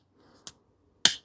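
A small white plastic retainer is pressed into place with thumbs over a Vaseline-greased O-ring on the plastic carburetor intake of a Troy-bilt push lawn mower. A faint tick at 0.5 s is followed by a sharp, bright click at 1.1 s as the retainer snaps on and seats.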